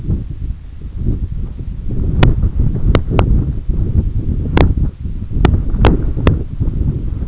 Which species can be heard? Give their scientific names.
none